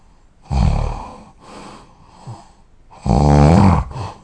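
Loud, low, rattling snores from a sleeping adult on a first night using a CPAP device. They come in irregular bursts, with two strong snores about two and a half seconds apart and softer breathing noises between them. The vibrating quality fits ordinary snoring in a quiet room.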